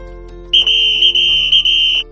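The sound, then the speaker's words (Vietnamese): A pedestrian-street security guard's whistle gives one loud, shrill, high-pitched blast lasting about a second and a half, wavering in a few quick pulses before it cuts off, breaking up a brawl. No one speaks. “Tiếng kèn thổi to của bảo vệ khu đi bộ lúc bấy giờ mới chạy đến xen ngang cuộc ẩu đả.”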